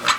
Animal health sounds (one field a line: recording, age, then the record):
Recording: pig call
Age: piglet (1 to 25 days)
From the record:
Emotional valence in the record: positive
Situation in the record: before nursing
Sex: female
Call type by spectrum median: low-frequency call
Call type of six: low-frequency tonal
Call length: 0.20 s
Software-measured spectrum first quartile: 1285 Hz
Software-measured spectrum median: 2173 Hz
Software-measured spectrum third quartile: 3838 Hz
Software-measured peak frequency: 1282 Hz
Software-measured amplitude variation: 185 dB a second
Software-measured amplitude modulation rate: 2.6 a second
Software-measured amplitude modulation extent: 72.3 dB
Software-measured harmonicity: 0.5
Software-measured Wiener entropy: -1.32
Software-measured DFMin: 486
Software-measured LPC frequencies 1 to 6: 1192, 1953, 2573, 3440, 4020, 4831 Hz